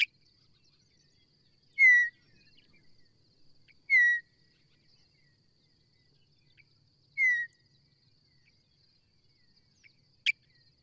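Bird calls: three loud, clear down-slurred whistled notes spaced a few seconds apart, plus a couple of sharp ticks, over a steady high hum.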